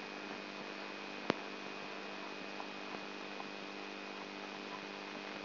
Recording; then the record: brain microelectrode recording played as sound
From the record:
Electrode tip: inside the subthalamic nucleus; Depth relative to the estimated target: -3 mm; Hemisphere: right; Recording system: AlphaMap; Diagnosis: Parkinson's disease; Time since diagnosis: 12 years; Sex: female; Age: 59 years